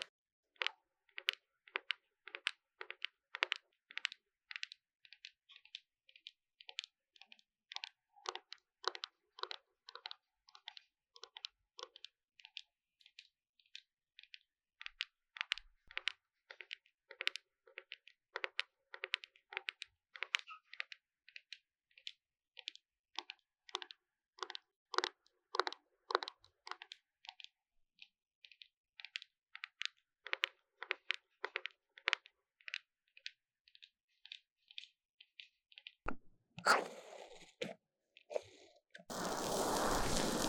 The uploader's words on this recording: 3Dio Foam and Tingly Ear Massage for Stress Relief. 耳朵泡沫按摩抒壓. NoTalking.